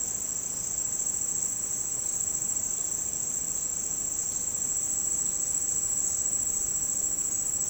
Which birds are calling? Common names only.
none